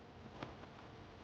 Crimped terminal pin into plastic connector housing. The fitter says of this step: push them with your hand until it snaps a little bit inside.